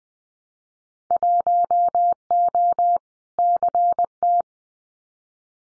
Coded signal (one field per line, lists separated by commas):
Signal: Morse code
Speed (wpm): 20 wpm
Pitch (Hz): 700 Hz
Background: none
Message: 1O CT